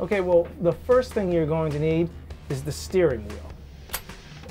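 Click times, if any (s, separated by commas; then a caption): 3.9 s. In a NASCAR stock car, a steering wheel is pushed onto the quick-release hub of its steering column while someone talks. A sharp click at 3.9 s marks the wheel seating and locking on, followed by a softer knock. The wheel is then tugged to confirm it is locked.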